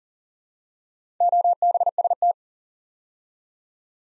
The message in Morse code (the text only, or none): OBST